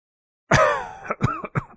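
A harsh, rasping cough with a strained, voiced edge, followed by a quick cluster of shorter, sharp coughs, loud and alone with no talking.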